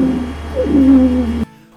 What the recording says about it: Bronchitis is the inflammation of bronchioles by definition. The tube becomes more narrow and constricted. Now we try to force air to enter or escape through these same passageways, and we can hear the air speed up, causing it to whistle, maybe even rattle and squeak as we force it through those air passages. This sound is known as wheezing.